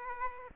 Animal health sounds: mosquito wingbeat signal from an infrared sensor; Aedes aegypti

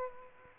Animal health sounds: mosquito wingbeat signal from an infrared sensor; Aedes aegypti

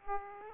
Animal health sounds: mosquito wingbeat signal from an infrared sensor; Aedes aegypti

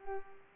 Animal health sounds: mosquito wingbeat signal from an infrared sensor; Culex pipiens

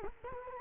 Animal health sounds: mosquito wingbeat signal from an infrared sensor; Culex quinquefasciatus

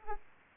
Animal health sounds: mosquito wingbeat signal from an infrared sensor; Aedes aegypti

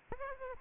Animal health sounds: mosquito wingbeat signal from an infrared sensor; Aedes albopictus

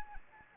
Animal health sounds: mosquito wingbeat signal from an infrared sensor; Anopheles arabiensis

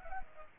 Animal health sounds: mosquito wingbeat signal from an infrared sensor; Culex pipiens

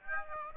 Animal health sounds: mosquito wingbeat signal from an infrared sensor; Aedes aegypti

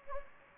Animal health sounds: mosquito wingbeat signal from an infrared sensor; Anopheles gambiae

